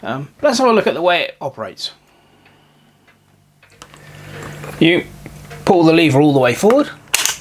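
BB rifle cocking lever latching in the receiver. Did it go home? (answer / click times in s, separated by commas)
yes / 7.1 s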